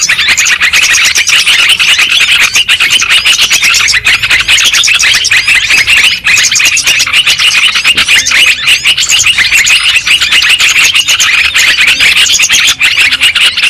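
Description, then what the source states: Lovebird flock calling nonstop, a thick wall of high, squealing chirps and twitters with rapid overlapping notes and no quiet gaps. Lure sound played to attract lovebirds for trapping.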